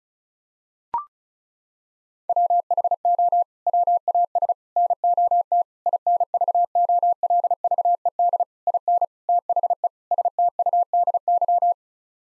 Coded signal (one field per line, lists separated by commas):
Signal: Morse code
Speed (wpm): 36 wpm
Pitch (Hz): 700 Hz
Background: none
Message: WHO WAS NOT INVOLVED IN THE STUDY